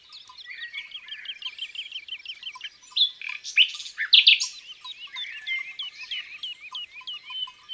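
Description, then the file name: Common nightingale song with a string of repeated rising notes, then sharp louder bursts midway and more varied phrases. Recorded in the countryside. "Rossignol philomele Chants doiseaux dans la campagne"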